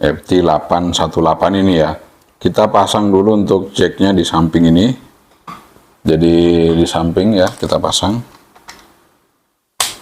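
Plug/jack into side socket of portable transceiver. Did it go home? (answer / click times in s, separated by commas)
yes / 9.8 s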